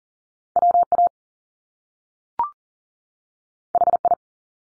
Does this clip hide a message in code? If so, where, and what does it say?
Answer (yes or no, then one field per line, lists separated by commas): yes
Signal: Morse code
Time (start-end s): 0.6-4.1 s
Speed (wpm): 38 wpm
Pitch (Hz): 700 Hz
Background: none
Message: WA HI